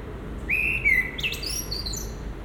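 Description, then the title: Common blackbird song: a smooth fluty whistle, then a series of thin high twittering notes. Recorded at Résidence Sainte-Gertrude in the Marolles district of Brussels, Belgium, with a Sony PCM-M10 and Luhd PM-01 binaural microphones. "Marolles, 1000 Bruxelles, Belgique - Résidence Sainte-Gertrude - Merle - Blackbird"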